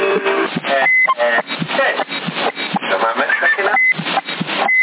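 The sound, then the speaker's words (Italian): Tinny, band-limited voices talk in Italian over CB radio channel 10 in Sassari in May 2022, and a short steady high roger beep sounds twice, once early and once near the end, marking the ends of transmissions. “Avanti l'amico col bip.”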